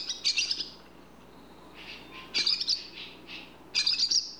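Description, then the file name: Barn swallow twittering, brief chirpy bursts with short gaps between them. "Rauchschwalbe Voegel in Europa"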